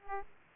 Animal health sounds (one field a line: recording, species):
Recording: mosquito wingbeat signal from an infrared sensor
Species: Aedes aegypti